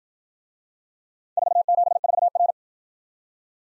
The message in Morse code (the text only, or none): 474R